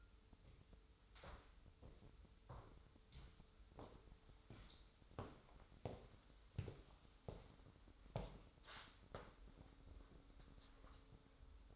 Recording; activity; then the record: daily activity, microphone in the room; walk to room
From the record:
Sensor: 3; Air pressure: 988.2 hPa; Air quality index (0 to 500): 175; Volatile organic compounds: 146 ppm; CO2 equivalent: 4007 ppm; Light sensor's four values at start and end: 24/75/31/27 and 24/74/31/27